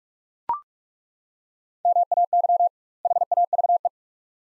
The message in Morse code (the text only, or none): MAY HAVE